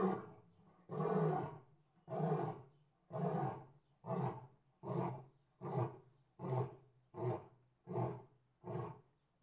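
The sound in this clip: Lion roaring in a series of grunts, starting with longer bursts, then shorter ones coming faster as it fades.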